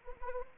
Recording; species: mosquito wingbeat signal from an infrared sensor; Anopheles arabiensis